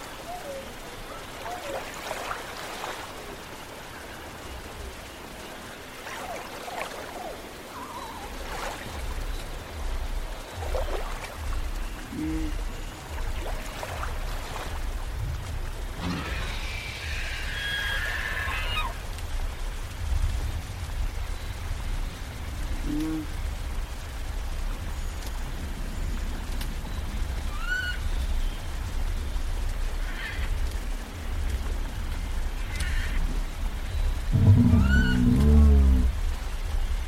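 Dinosaur sounds: a steady, heavy low thumping pulses through most of the clip under a patter of scattered taps and clicks. A brighter, rasping burst rises around the middle, and a loud, deep growling roar swells near the end.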